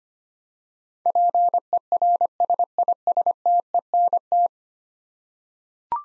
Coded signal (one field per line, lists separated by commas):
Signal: Morse code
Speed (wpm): 25 wpm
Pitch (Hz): 700 Hz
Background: none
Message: PERSISTENT